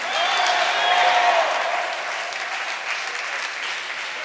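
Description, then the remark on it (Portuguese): A crowd claps steadily and loudly for about four seconds in praise of the Lord, with a brief sustained joyful shout rising over the applause early on before the clapping continues evenly to the end. “Eu não vou gritar no microfone, mas você pode gritar, dê um grito de júbilo.”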